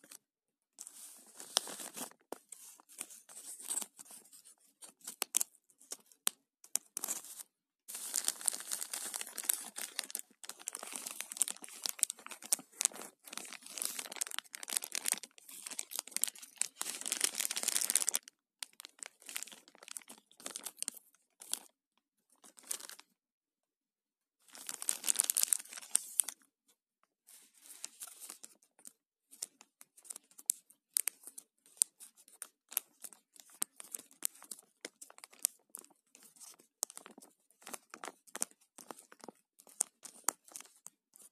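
A plastic zipper bag crinkles and crackles in bright bursts with no low sound beneath. Dense handling fills roughly 8 to 18 seconds and again near 25, separated by brief silences. After about 27 seconds the rustling turns sparser and softer.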